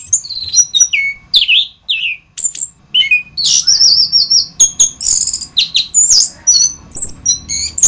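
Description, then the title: Thrush song, lively varied whistles and sharp high notes, sung in quick bursts with a short pause partway through. "Suara Burung Anis"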